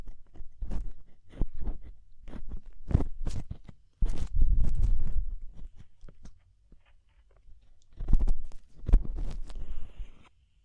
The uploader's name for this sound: DEEP Ear Penetrating Cleaning